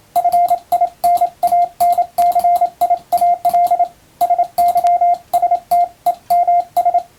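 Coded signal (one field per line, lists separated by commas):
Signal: Morse code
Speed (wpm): 27 wpm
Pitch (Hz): 700 Hz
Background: radio noise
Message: FINANCIAL SYSTEMS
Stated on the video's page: Morse practice of plain English text sent with an electronic keyer, somewhat fast.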